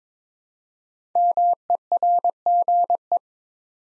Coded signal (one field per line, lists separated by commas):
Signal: Morse code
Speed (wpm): 21 wpm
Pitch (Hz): 700 Hz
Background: none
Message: MERGE